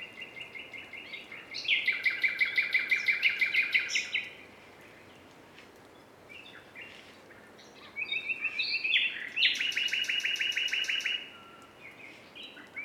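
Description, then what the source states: Common nightingale song: two phrases of rapid, evenly repeated high notes and buzzy trills, separated by a quiet pause. Several nightingales singing together as a concert; recorded in quadraphonic sound.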